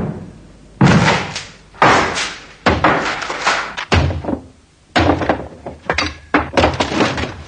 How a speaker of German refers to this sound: Die unauffällige Holztür zur Werkstatt war verriegelt von innen. Wir klopften. Wir riefen. Und als keiner aufmachte, brachen wir die Tür auf.